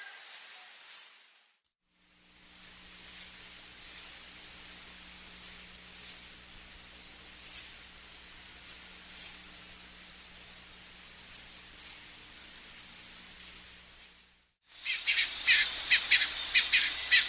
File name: Canto do black crowned tanager